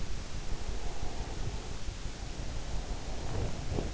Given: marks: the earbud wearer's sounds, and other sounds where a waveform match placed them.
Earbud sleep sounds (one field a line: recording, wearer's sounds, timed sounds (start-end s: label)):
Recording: sounds in sleep by an in-ear microphone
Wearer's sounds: breath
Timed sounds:
0.58-3.51 s: breath